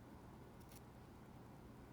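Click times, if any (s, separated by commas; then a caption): none. The push-button knock of a Schmidt capless stainless steel rollerball pen is pressed, but the mechanism fails to engage and does not latch the refill out. Only a low, steady background hum and a faint, brief high-pitched rustle around 0.6 to 0.8 seconds are heard. Nothing has clicked or seated.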